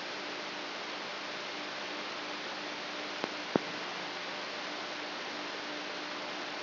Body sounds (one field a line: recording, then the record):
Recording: brain microelectrode recording played as sound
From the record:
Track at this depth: inside the subthalamic nucleus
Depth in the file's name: 6.216 mm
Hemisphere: left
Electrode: 3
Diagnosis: Parkinson's disease